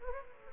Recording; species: mosquito wingbeat signal from an infrared sensor; Anopheles gambiae